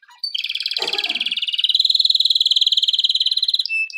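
Canary song: a rapid pulsed trill held at one pitch for about three seconds, with a short lower rasping burst early on.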